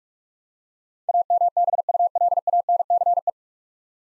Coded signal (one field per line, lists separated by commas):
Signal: Morse code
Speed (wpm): 43 wpm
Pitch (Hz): 700 Hz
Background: none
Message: AMBULANCE